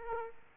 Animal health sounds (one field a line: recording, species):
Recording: mosquito wingbeat signal from an infrared sensor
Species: Aedes aegypti